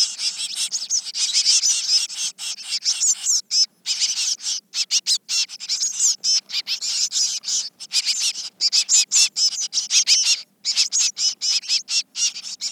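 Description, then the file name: Eurasian blue tit giving dense bursts of high, rapid chattering notes in quick runs, broken by short pauses, with no other clear sounds. "Cyanistes caeruleus"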